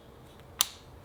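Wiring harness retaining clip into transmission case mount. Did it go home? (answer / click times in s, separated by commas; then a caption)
yes / 0.6 s. A plastic wiring harness retaining clip is pushed into its mounting hole on the transmission case of a Subaru STI 6-speed transmission during a rebuild. A faint tick at 0.4 s is followed by a sharp, bright click at 0.6 s as the clip snaps in and seats. Otherwise the clip is quiet.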